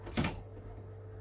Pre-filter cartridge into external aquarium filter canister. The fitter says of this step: you'll feel it it'll click into place and